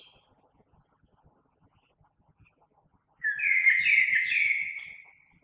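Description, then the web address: Common blackbird singing one smooth, mellow warbled phrase after a few seconds of near silence. Recorded 3 March 2020. "oiseaux Merle 2020 03 03"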